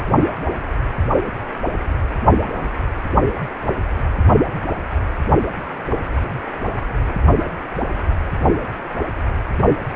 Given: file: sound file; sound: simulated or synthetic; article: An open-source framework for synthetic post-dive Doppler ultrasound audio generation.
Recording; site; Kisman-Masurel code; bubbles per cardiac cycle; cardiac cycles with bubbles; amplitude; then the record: Doppler ultrasound audio after a dive; precordial; 111; 1–2; 1–10%; barely perceptible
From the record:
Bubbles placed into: partial cardiac cycles